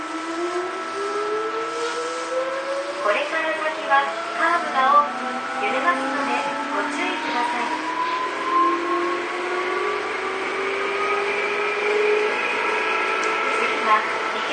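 A Tobu 9000 series train's motor whines loudly as it runs, the tones rising steadily in pitch throughout as the train accelerates. Around the middle, short clattering bursts and faint voices cut in, while a lower hum continues beneath.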